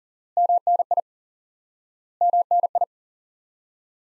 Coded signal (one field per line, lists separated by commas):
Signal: Morse code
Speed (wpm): 40 wpm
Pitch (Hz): 700 Hz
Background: none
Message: MNI MNI